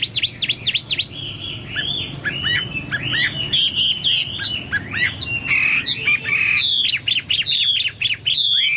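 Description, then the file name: Chinese hwamei song, a loud, fast run of varied whistled notes, slurred up and down and repeated in quick phrases, with harsher buzzy bursts mixed in. "hwamei-2-omkicau"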